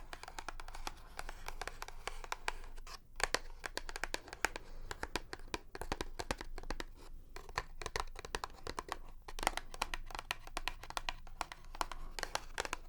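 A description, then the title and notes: Tapping, a dense run of sharp, bright clicks that falls into irregular clusters rather than a steady beat. Brief pauses occur near three and seven seconds. Faint crinkling, handling sounds sit beneath the taps throughout. 1 HOUR Of Tapping.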